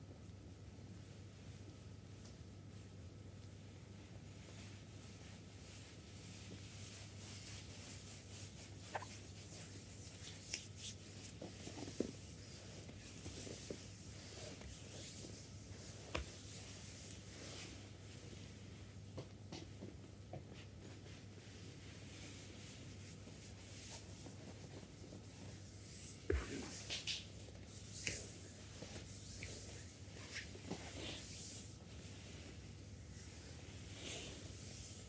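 A massager hums steadily and low throughout a full body massage, its drone unchanging under a soft, even hiss. Scattered light taps and rubbing sounds come and go, with a brief cluster of louder knocks around the twenty-six second mark.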